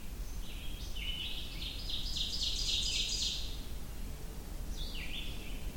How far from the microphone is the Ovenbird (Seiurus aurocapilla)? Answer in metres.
about 35 m